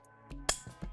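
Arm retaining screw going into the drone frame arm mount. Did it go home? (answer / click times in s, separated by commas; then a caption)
yes / 0.5 s. An arm retaining screw on a 3D Robotics X8-M drone is jiggled into its hole in the frame arm mount over a steady low hum with a few soft thumps. A sharp, loud pop at 0.5 s marks the screw dropping fully into place, seated.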